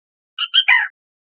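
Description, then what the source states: Black rail call, three quick notes: two short high piping notes, then a lower, broader, slightly harsh note, given once against a silent background. Recorded on 5 October 2004.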